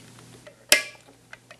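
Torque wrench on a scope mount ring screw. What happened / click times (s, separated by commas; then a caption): The torque wrench clicked at its setting / 0.7 s. A torque wrench set to 30 inch-pounds tightens the next screw on a scope mount ring until it clicks at its setting. One sharp, loud click lands at 0.7 s, with only faint small ticks around it. The screw is confirmed torqued to 30 inch-pounds.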